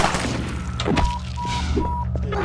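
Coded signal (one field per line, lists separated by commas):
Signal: none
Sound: video game item beeps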